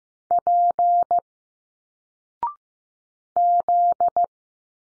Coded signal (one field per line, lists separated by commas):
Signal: Morse code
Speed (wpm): 15 wpm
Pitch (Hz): 700 Hz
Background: none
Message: P Z